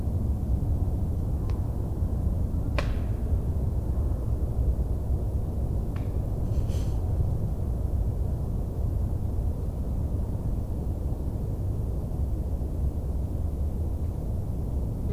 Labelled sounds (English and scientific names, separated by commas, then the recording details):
Long-eared Owl (Asio otus) call
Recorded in the wild
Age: adult
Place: Bernau bei Berlin, Naturpark Barnim, Brandenburg, DE
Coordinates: 52.6958, 13.5256
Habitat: wood
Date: 2008-02-24 18:48
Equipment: Sound Devices 702, Sennheiser MKH 70, Windkorb
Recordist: Frommolt, Karl-Heinz